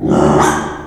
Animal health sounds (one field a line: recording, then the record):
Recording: squeal of a Yucatan mini pig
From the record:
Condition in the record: after surgery on the right vocal fold (resection and tissue-engineered implant)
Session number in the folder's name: 3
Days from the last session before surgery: 33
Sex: male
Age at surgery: 12 weeks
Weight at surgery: 13 kg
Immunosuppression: cyclosporine, prednisolone